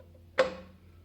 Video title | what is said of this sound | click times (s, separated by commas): The Blair grind project part #2 | bring it back down to our center point where it's going to lock in again, and you'll hear a click. | 0.4 s